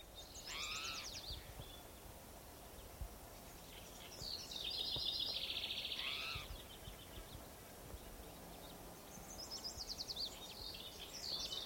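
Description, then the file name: Spotted towhee cries: an arching note, then a buzzy sound lasting about two seconds, then a faint series of notes later, over background hiss. Individual number 7 giving cries; recorded 27 June 2006 on a trail at Gibson Jack Creek, Bannock County, Idaho. "Cicero 27 Jun 2006 Pmaculatus"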